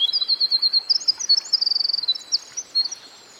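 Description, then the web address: Winter wren delivering a rapid stream of high, sparkling notes and a quick even trill, tapering into scattered chips over soft steady background noise. Recorded by a stream. "Dan Gibson Songbirds By The Stream. Winter Wren"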